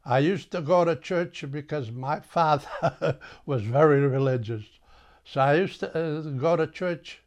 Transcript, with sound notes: I used to go to church, because my father ( he laughs ) was very religious. So I used to go to church